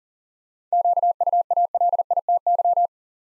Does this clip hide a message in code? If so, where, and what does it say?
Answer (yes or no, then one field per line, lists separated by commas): yes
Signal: Morse code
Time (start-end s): 0.7-2.9 s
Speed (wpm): 38 wpm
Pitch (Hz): 700 Hz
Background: none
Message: QUALITY